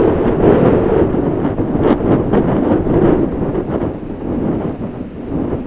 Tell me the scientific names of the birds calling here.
none